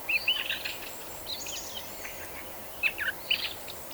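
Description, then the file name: Eurasian blackbird giving a few short, high whistled and twittering notes, grouped at the start and near the end, over steady background hiss. "Turdus merula"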